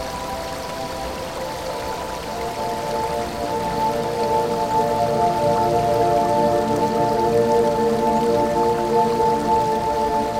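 A soundscape built from water sounds: a dense, steady wash with sustained humming midrange tones, growing slightly louder after the first few seconds.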